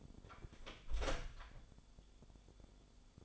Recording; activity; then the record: daily activity, microphone in the room; close door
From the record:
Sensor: 5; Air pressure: 1015.3 hPa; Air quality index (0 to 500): 210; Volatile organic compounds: 11 ppm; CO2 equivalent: 2279 ppm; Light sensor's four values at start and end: 35/80/32/31 and 35/80/32/31